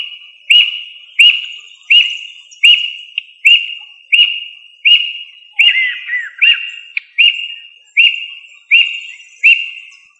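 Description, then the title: Bird giving a repeated clear whistled note, each starting with a quick upward sweep, about every three-quarters of a second, with a brief burst of lower twittering midway. "LuckyPassaro Completos2Sama"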